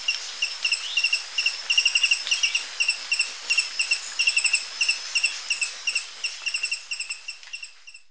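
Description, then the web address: Booted Racket-tail calling with short, high, sharp chips repeated rapidly and somewhat irregularly, fading slightly toward the end. Recorded in Ecuador. "Birds of Ecuador. Booted Racket-tail"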